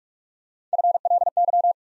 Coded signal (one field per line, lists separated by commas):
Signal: Morse code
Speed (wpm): 44 wpm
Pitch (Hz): 700 Hz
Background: none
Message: FLY